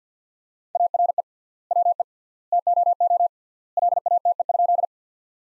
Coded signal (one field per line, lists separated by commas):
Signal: Morse code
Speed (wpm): 48 wpm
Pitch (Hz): 700 Hz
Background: none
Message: ARE WE TOO LATE?